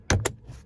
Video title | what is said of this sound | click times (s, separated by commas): Repair Your Loose, Floppy, or Squeaky Honda Visor for Free! | And now the whole visor's there, locks, | 0.1 s, 0.3 s